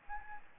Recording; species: mosquito wingbeat signal from an infrared sensor; Aedes albopictus